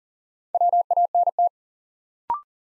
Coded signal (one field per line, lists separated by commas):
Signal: Morse code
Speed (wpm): 40 wpm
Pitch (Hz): 700 Hz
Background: none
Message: WANT